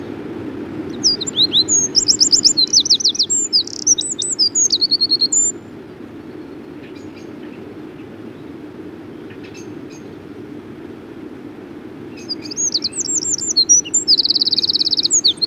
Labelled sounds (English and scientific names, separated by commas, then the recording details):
Eurasian Wren (Troglodytes troglodytes) song
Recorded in the wild
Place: Blumenholz, Insel Rügen, Mecklenburg-Vorpommern, DE
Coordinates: 53.455, 13.186
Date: 1980-04-01
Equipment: Nagra III BH, Sennheiser MD 21, parabola
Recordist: Schubert, Michael